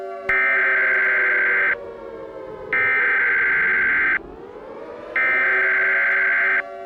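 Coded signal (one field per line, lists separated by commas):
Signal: Emergency Alert System (SAME) tones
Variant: header bursts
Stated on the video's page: Entirely fictional alert scenario that would not happen in real life.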